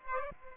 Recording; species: mosquito wingbeat signal from an infrared sensor; Aedes aegypti